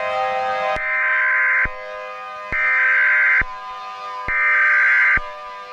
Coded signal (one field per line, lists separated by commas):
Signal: Emergency Alert System (SAME) tones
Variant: header bursts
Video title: EAS Scenario Sins: REVIVED - EPISODE 1: RISING HEAT